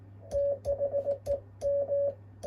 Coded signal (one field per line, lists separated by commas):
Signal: Morse code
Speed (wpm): 18 wpm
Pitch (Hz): 560 Hz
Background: radio noise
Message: THE M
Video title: Qso avec Peter , sm0rrx. (Key cw g4zpy renovation)